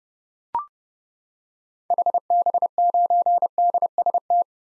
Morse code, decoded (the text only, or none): HB9DST